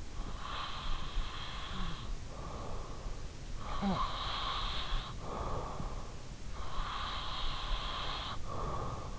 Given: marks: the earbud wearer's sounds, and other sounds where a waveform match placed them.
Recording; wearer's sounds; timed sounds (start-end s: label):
sounds in sleep by an in-ear microphone; breath
0.37-6.22 s: breath
6.68-9.19 s: breath